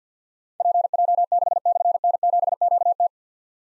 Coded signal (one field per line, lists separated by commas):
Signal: Morse code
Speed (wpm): 46 wpm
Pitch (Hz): 700 Hz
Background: none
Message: PJ6/N7QT